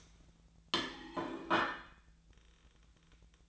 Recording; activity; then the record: daily activity, microphone in the room; place plate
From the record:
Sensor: 3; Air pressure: 1009.4 hPa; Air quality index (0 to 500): 198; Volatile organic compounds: 17 ppm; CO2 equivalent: 2565 ppm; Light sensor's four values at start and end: 35/87/37/40 and 35/86/37/39